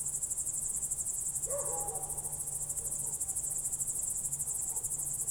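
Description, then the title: Crickets chirr in a steady, very high, finely pulsed trill that never stops; one short lower descending call sounds early on. Night crickets outside the window, heard from bed late in the evening, Goworów, Poland, night of 18 July 2022, World Listening Day; recorded on Zoom F4 with AT BP4025. "Goworów 6, 57-515, Poland - World Listening Day/Night 18/07/2022-night crickets"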